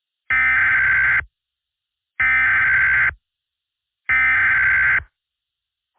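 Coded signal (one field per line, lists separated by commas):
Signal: Emergency Alert System (SAME) tones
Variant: header bursts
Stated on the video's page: Fictional scenario containing valid EAS tones.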